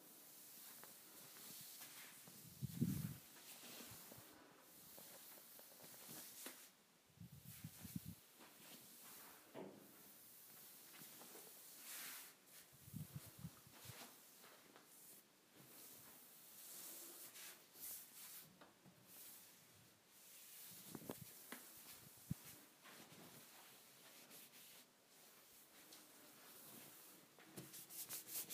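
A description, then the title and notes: A wipe rubs across a counter in uneven scrubbing strokes, a bright hissy swish with occasional low thumps, around 3, 8, and 13 seconds. ASMR Cleaning the Counter with a Wipe.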